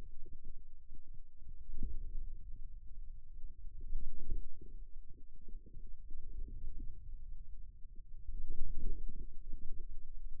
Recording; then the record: forearm muscle sounds (acoustic myography)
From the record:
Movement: wrist extension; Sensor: system 2, bracelet of six BSWA MPA416 microphones around the upper forearm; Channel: 5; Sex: male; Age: 22 years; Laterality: right